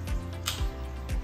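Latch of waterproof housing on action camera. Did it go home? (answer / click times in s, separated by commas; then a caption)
yes / 0.5 s. The plastic latch on a waterproof dive case for an action camera, the Insta360 Ace Pro, is carefully closed so no water gets in. It gives one sharp snap at 0.5 s over a low background hum, and the case is locked shut.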